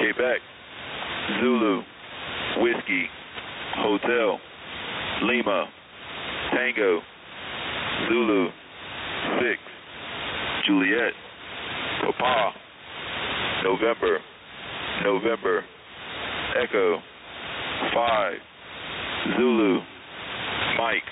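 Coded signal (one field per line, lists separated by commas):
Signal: coded military voice message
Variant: HFGCS EAM, Mainsail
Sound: male voice slowly reading phonetic-alphabet letters and digits over hissy radio static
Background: radio static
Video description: EAM message from Mainsail.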